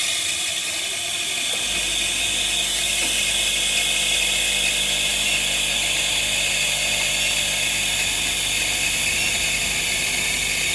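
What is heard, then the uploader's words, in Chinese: Coffee pours from a machine. A steady, dense hiss and whir runs the whole time, with a low motor hum joining at about one and a half seconds and holding unchanged to the end, evenly loud, like a pump driving the brew. 一杯咖啡的制作过程。听着咖啡从机器里流淌了出来。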